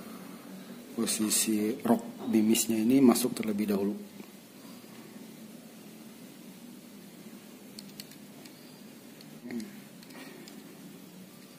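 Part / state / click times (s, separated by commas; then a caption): pellet rotor into airgun magazine / not seated / none. Someone talks while pushing the pellet rotor into a CNC-machined airgun pellet magazine during loading, followed by quiet handling with a few small, sharp ticks and light knocks between about 7.8 and 10.5 seconds. The rotor has not locked into the magazine yet; nothing has seated or clicked.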